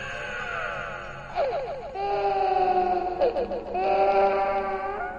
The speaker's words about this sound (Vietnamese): Từ sâu trong căn phòng kia vang lên một âm thanh the thé, như là tiếng trẻ con khóc. Nghe vào trong tai thì vô cùng đáng sợ.